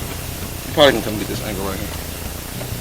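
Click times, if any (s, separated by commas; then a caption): none. An installer leans a painted plastic fender flare onto the wheel arch of a 2020 GMC Sierra 2500 truck so its clips will snap inside, while someone talks over a steady low background hiss. The flare is only being handled, and nothing has seated or clicked yet.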